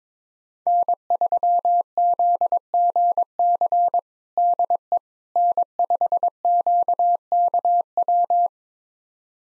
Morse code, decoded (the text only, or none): N3ZGC DE N5QKW